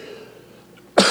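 A single sharp cough from an adult man who has had a suspected upper respiratory infection, possibly bronchitis, for about a week and a half and is on his third or fourth day of antibiotics.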